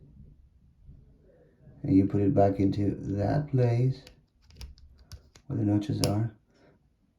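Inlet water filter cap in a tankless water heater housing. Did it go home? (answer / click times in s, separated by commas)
no / none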